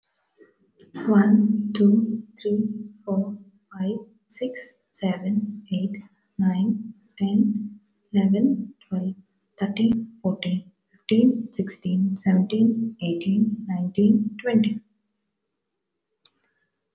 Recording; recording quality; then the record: counting at a normal pace; excellent, no background noise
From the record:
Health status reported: healthy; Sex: female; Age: 31 years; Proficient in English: yes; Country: India